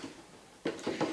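Two clips at the bottom of a plastic model stand base are pressed so the base sits flat against the stand body. After a quiet start, a single sharp snap comes at 0.7 s, followed by a couple of softer knocks. The plastic base clips into place and is seated.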